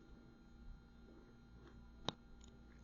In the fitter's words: until you hear the click